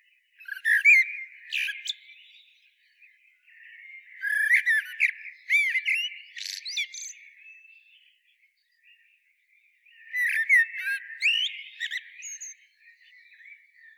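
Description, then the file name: Common blackbird singing mellow fluted phrases that end in squeaky twitters, three main phrases separated by short pauses. "Turdus merula"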